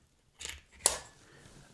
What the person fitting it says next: I just love that satisfying click.